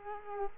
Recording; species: mosquito wingbeat signal from an infrared sensor; Culex quinquefasciatus